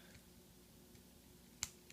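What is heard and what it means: A plastic shoulder armor piece on a Kamen Rider Drive Type Technic action figure is pressed into the torso. A sharp click at 1.6 seconds shows it has snapped fully into place, followed by a fainter tick at 1.9 seconds against a quiet background.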